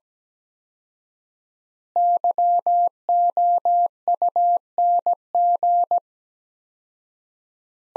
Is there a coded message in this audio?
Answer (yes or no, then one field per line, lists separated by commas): yes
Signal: Morse code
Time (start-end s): 2.0-6.0 s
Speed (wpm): 17 wpm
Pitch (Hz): 700 Hz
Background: none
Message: YOUNG